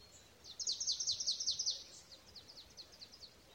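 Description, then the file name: Marsh tit utters a fast, high-pitched string of clipped notes that trails off into softer, scattered chips against a quiet hissing background. "Poecile palustris"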